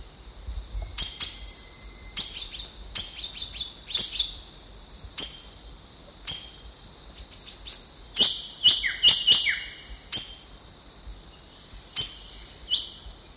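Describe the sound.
Drongo fantail calls: sharp, high chips in irregular bursts, some clustered in quick series.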